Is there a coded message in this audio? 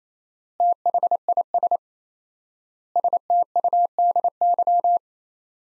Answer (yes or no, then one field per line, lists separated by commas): yes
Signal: Morse code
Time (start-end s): 0.6-5.0 s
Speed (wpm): 28 wpm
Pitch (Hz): 700 Hz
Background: none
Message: THIS STUDY